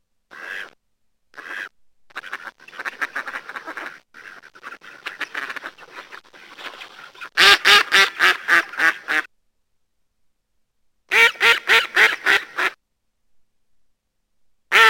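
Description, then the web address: Mallard giving quiet, scattered quacks that build into loud, harsh quack series repeated in two bursts, separated by silence, with a final quack at the close. "krzyzowka"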